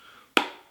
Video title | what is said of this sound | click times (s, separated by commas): CASQUE SHARK RAW - RETENDRE ÉLASTIQUE MASQUE | en fait ça se clipse juste en fait du coup bah tu prends comme ça tu fais ça tu tires tu | 0.4 s